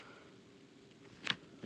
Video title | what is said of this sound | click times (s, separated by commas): Vilros Raspberry Pi 4 Complete Starter Kit- Includes Raspberry Pi 4 Board | Along with this, you can just match the port in with the slot, so it will easily fit in the case once you hear like a click sound. | 1.3 s